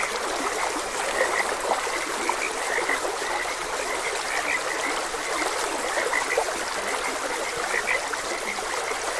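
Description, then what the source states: Frogs croaking in scattered bursts of brief notes while a stream gurgles and hisses continuously beneath them. Frogs croaking beside a gentle stream.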